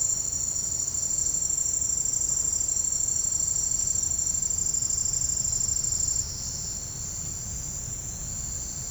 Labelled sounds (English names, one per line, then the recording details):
none
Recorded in secondary vegetation near Puerto Asís, Putumayo, Colombia, on 13 March 2025 at 08:30
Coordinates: 0.502, -76.326
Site G100